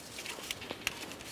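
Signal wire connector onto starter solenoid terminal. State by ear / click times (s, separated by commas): seated / 0.9 s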